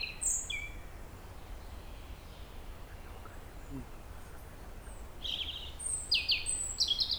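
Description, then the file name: European robin giving bright, high twittering notes in quick bursts during the last two seconds, after a brief high phrase at the start; low hiss throughout. "Erithacus rubecula"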